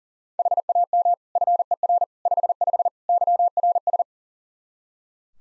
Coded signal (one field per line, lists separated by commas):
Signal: Morse code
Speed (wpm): 37 wpm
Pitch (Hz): 700 Hz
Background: none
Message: HAM FER 55 YRS